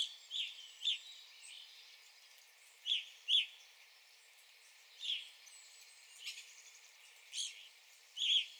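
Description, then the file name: Evening grosbeak calls, bright chirps, some in quick pairs, repeated throughout. 9 April 2021. "2021-04-09 Evening Grosbeak"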